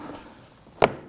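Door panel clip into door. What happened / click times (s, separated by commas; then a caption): A plastic clip snapped into place / 0.8 s. A door panel clip on a 2015-2024 Nissan Murano is fitted into the door: the front of the panel goes in first, then the back section is pressed down. After a quiet stretch, a single sharp clip snap sounds at 0.8 s as the clip seats home.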